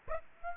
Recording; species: mosquito wingbeat signal from an infrared sensor; Aedes aegypti